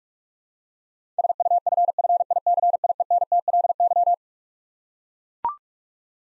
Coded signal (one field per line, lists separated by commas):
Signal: Morse code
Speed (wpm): 41 wpm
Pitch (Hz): 700 Hz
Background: none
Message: SUFFICIENTLY